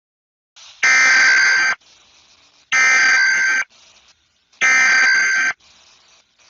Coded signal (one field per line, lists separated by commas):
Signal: Emergency Alert System (SAME) tones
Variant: header bursts